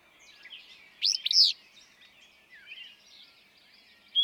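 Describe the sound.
Willow flycatcher delivering one emphatic, burry two-part phrase, with the thin high chirps and twitters of other birds in the background.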